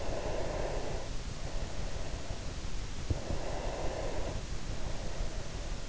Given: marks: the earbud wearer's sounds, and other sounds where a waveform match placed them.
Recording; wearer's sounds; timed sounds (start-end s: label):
sounds in sleep by an in-ear microphone; breath
0.05-2.42 s: breath
3.32-5.67 s: breath